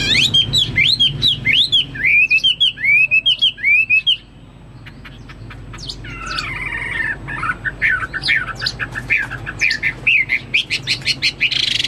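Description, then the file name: Chinese hwamei pouring out rapid wavering whistles, then a short lull and a burst of mixed whistled notes. "omkicau hwamei"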